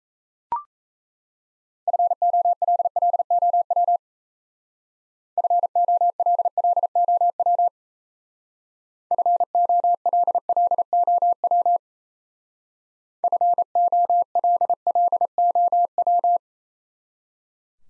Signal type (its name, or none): Morse code